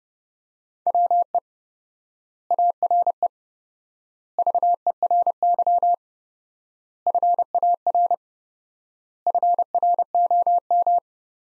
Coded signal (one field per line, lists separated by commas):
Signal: Morse code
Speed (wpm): 30 wpm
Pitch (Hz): 700 Hz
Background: none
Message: WE ARE VERY FAR FROM